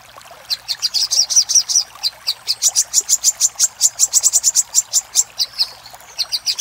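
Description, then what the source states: Little spiderhunter song: a run of high, sharp chips building into a fast, steady series before tapering off. Master recording used for training cage birds.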